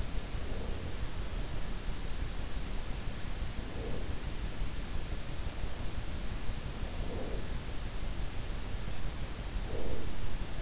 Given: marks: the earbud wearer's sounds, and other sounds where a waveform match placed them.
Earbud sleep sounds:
sounds in sleep by an in-ear microphone; breath
0.00-1.33 s: breath
3.37-4.39 s: breath
6.78-7.96 s: breath
9.33-10.62 s: breath

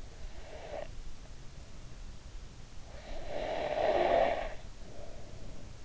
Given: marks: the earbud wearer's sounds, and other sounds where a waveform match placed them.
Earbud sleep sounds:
sounds in sleep by an in-ear microphone; breath
0.19-0.94 s: breath
2.84-5.85 s: breath

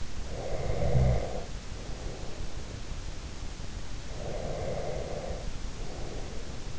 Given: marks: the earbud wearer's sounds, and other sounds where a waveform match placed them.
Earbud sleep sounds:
sounds in sleep by an in-ear microphone; snoring breath, breath
0.22-2.81 s: snoring breath
4.03-6.79 s: breath

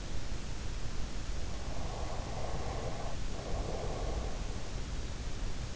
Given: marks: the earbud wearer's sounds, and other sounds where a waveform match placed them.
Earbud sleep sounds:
sounds in sleep by an in-ear microphone; breath
1.81-4.59 s: breath

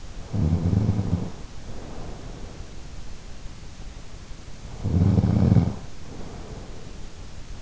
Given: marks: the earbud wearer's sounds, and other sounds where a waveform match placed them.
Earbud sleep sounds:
sounds in sleep by an in-ear microphone; snoring breath
0.22-2.56 s: snoring breath
4.70-7.62 s: snoring breath

